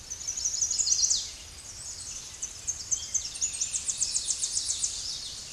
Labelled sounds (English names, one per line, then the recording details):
Tennessee Warbler song
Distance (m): 25 m
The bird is about 15 m above the microphone
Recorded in a Pennsylvania forest on 16 May 2024 at 08:28
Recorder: AudioMoth, point MSD-1293
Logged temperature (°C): 12.0 °C
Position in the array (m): 66 m, 165 m